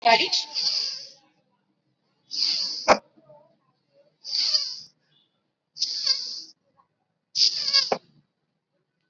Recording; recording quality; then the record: shallow breathing; moderate, slight background noise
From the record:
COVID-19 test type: RT-PCR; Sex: female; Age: 20 years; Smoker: no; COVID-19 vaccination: both doses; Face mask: worn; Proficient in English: yes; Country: India